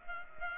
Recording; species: mosquito wingbeat signal from an infrared sensor; Culex pipiens